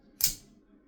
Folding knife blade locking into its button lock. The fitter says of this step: just pops into place it's extremely thin